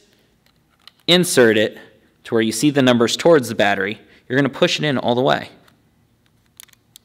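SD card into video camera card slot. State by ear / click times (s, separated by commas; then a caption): seated / 6.6 s. An SD card is pushed all the way into a video camera's card slot next to the battery while someone talks. After the talking stops, a small sharp click at 6.6 s marks the card latching into the slot, followed by a fainter tick near 7.0 s.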